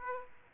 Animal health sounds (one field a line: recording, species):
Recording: mosquito wingbeat signal from an infrared sensor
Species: Aedes aegypti